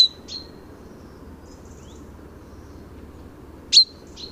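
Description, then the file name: Common chaffinch giving brief sharp high call notes, one at the start and another near the end, with a few faint soft chirps and a low background hum. "Fringilla coelebs"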